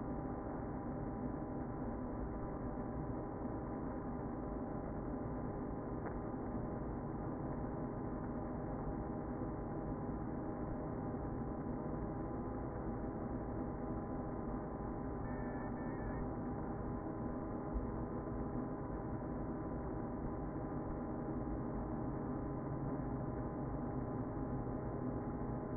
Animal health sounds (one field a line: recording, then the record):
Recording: honeybee colony, microphone inside the hive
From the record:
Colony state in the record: queen present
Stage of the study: before two queens were removed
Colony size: about 60,000 bees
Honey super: yes